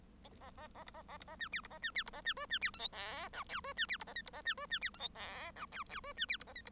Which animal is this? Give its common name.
Bengalese Finch